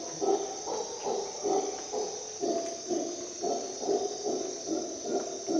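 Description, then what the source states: Howler monkey roaring in quick, throaty bursts, slightly uneven in timing, set against a continuous high-pitched insect chorus. At dawn in the jungle of Costa Rica, during an expedition.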